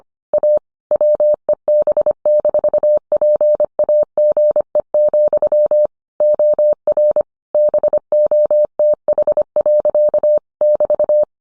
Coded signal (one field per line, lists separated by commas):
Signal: Morse code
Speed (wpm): 25 wpm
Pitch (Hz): 600 Hz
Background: none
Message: A WEB-PAGE, OR BOTH. <BT>